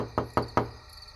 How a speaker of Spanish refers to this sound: Los mismos golpes más persistentes volvieron a sonar en la puerta.